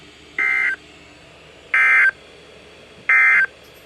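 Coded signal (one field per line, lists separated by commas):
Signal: Emergency Alert System (SAME) tones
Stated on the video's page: Real Special Marine Warning SAME alert received on NOAA weather radios.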